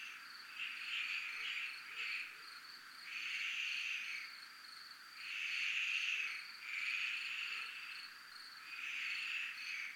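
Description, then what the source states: Cricket chorus: a continuous high pulsing trill underneath, broken by repeated buzzy bursts that swell and fade. Recorded in a military zone (zona militar).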